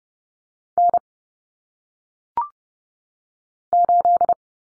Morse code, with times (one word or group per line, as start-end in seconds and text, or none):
0.8-1.0 N
3.7-4.3 8